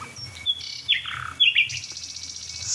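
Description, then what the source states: Common Nightingale song: brief sharp whistled notes and rich descending slurs in quick phrases, followed by a buzzy trill. Nightingale at the dead oak in the hedge near the barns; the barns give its song a special reverb with echo.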